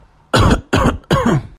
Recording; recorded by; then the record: voluntary cough; messaging app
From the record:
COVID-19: negative